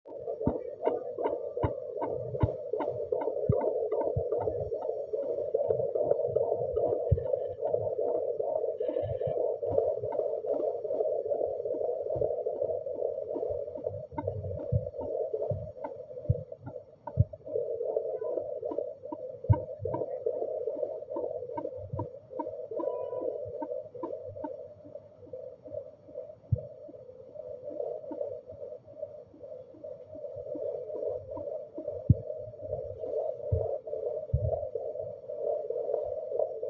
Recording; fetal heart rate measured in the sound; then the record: fetal heartbeat by stethoscope microphone, probably a fetal Doppler's sound; 148 bpm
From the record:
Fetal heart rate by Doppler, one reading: 142 bpm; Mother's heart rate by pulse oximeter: 78 bpm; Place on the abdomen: lower left side of abdomen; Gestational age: 39+ weeks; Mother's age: 23 years